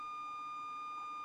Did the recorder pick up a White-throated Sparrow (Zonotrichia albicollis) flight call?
no